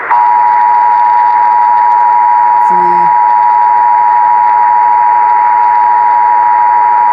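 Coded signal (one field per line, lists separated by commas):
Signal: Emergency Alert System (SAME) tones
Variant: 853 and 960 Hz attention tone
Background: speech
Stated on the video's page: Minnesota Required Monthly Test EAS tones received clearly on an AM station.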